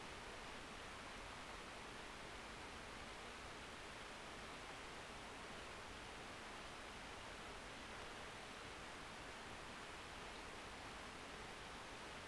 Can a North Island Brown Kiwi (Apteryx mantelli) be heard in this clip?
no